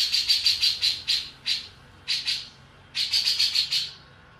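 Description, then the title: Grey-cheeked bulbul giving bursts of harsh, buzzy chattering notes, fast pulses in short runs separated by brief pauses, high-pitched and rasping throughout. "Cucak Jenggot"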